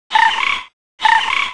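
Bird giving two harsh, rasping calls, each about half a second long, separated by a short pause.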